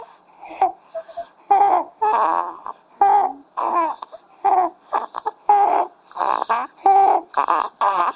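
An infant makes a run of short, high-pitched, tonal, crowing noises, about a dozen in eight seconds, separated by brief quiet gaps. This is stridor, a harsh noisy breathing sound caused by narrowing of the upper airway.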